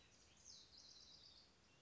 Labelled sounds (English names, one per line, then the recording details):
House Wren
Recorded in Sonoma County, California